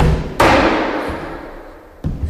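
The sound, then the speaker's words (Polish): Swinging saloon doors of a fictional Wild West saloon installation at the HOS gallery are pushed open as if by a person entering, with a sharp wooden knock, followed by a fading rattle as they flap, then a second bump as they settle back. “To jest dźwięk wchodzącej osoby do salonu na Dzikim Zachodzie.”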